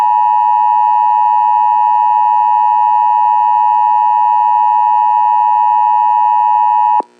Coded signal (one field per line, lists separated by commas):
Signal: Emergency Alert System (SAME) tones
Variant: 853 and 960 Hz attention tone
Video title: Planet X (An EAS Scenario)